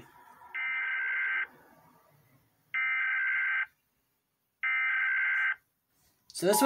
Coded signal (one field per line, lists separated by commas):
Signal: Emergency Alert System (SAME) tones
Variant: header bursts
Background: speech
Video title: Reaction - Rating EAS alarms!